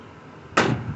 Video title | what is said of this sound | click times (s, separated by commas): toro recycler smart stow carburetor repair. briggs and stratton 7.25 163 cc carb clean | up where this thing will click into place there | 0.6 s